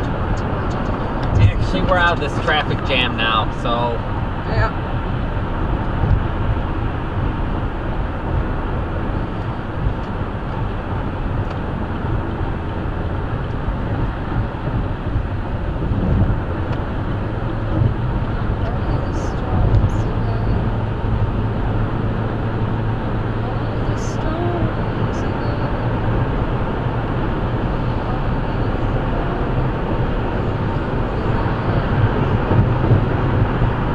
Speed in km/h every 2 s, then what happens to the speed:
126, 118, 118, 119, 119, 118, 119, 116, 116, 116, 118, 121, 124, 126, 130, 132, 135.
0-2 brakes to 118. 2-18 steady at about 118. 18-34 speeds up to 135.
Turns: none.